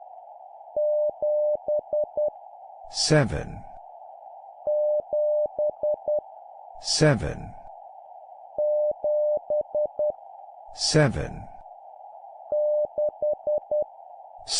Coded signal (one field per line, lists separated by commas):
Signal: Morse code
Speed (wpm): 10 wpm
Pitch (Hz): 600 Hz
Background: speech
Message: 7E 7E 7E 6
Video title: 10wpm Repeat three times Random Number plus human voice, improve morse code copy speed